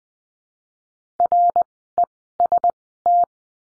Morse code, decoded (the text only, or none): REST